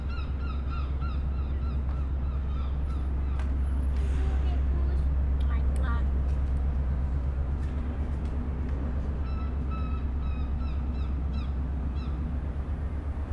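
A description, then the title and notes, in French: Ambient sound from a trip to Wales: a steady, heavy low rumble runs the whole way through. Over it, birds call in short repeated caws, crow-like, in bursts near the start and again after about nine seconds, with a few sharp clicks midway. Un montage de sons d'ambiance pris au cours d'un voyage au Pays de Galles au mois de juillet.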